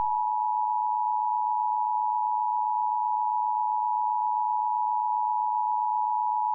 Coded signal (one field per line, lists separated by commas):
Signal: Emergency Alert System (SAME) tones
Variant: 853 and 960 Hz attention tone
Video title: EAS MOCK - Child Abduction Emergency